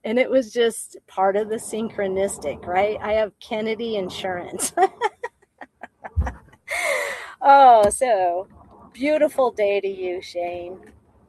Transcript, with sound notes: and it was just part of the synchronistic, right? I have Kennedy insurance (laughs) . Oh, so, beautiful day to you, Shane.